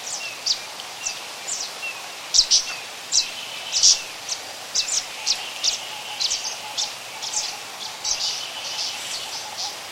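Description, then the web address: Zitting cisticola calling with thin, sharp high clicks in an uneven series over a hissy outdoor background. "fantailedwarbler"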